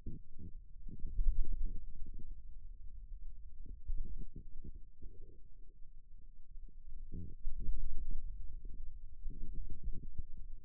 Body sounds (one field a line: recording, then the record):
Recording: forearm muscle sounds (acoustic myography)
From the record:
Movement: ulnar deviation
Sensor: system 2, bracelet of six BSWA MPA416 microphones around the upper forearm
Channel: 5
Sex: male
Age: 22 years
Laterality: right